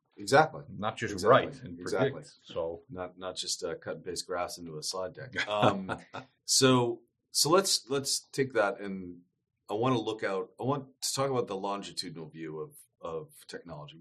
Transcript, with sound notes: Exactly.
Not just write and anyways.
Not just cut and paste graphs into a slide deck. *laughs* So, let’s take that and I want to look out, I want to talk about the longitudinal view of technology.